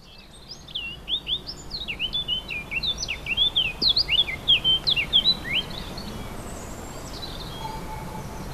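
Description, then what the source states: Warbler song: a fast, varied warble of high twisting notes and short slurred phrases, starting softly and growing louder, then fading into steady background hiss. Several warblers, recorded 4 May 2011 on a portable MiniDisc recorder.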